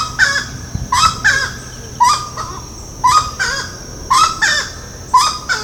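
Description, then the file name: Grey-cowled wood rail uttering harsh, nasal two-part calls about once a second, bold and regular, with insects buzzing steadily in the background. Recorded at Ibirapuera, São Paulo, Brazil, on 6 December 2012. "Aramides-cajanea-Ibirapuera-SP-BR-6-12-12-ASilveira"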